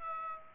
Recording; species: mosquito wingbeat signal from an infrared sensor; Aedes aegypti